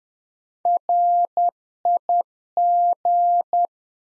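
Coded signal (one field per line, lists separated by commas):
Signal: Morse code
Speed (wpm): 10 wpm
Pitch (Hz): 700 Hz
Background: none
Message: RIG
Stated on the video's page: Practice QSO information segment (rig, antenna, weather) at 10 wpm, sent in Morse, spoken, then sent again, used in LICW QSO classes.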